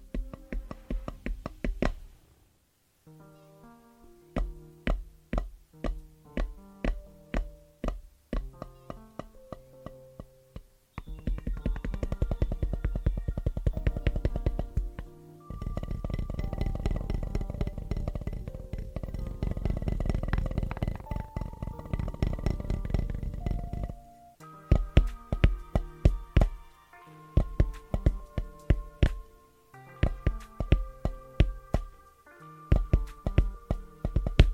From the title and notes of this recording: ASMR 1 Hour of Rhythmic & Fast Tapping With Music (No Talking).